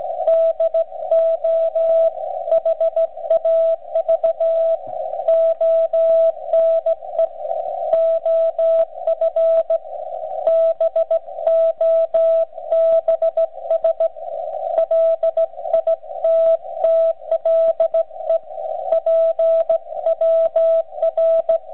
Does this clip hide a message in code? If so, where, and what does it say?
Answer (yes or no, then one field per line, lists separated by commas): yes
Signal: Morse code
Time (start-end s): 0.3-21.6 s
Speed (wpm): 15 wpm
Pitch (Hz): 660 Hz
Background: radio noise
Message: DO HAV ONE OF BOBS LITTLE PWR